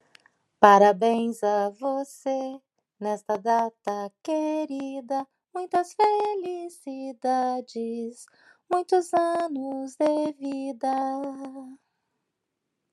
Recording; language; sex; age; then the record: short text; Brazilian Portuguese; female; 50 to 59 years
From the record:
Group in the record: control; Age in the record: 54 years